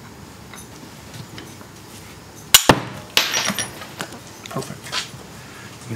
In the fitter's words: see the snap ring snapped into place